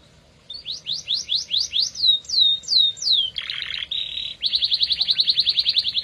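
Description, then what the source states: Canary song: a string of sweeping whistled slurs, a buzzy section and a steady tone, then a rapid, regular trill. Domestic canary, F1 bird; used as therapy to prompt a canary that has stopped singing (Indonesian: kenari macet).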